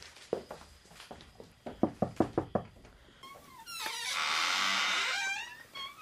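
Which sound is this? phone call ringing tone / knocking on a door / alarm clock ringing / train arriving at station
knocking on a door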